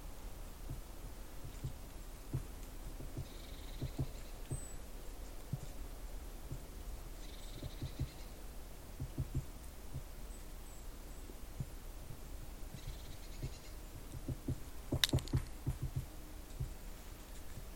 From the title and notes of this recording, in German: Ein Ohr am Baum des Spechts II. Dort eine Buche und auf dieser ein Rotspecht, der nichts dagegen hatte.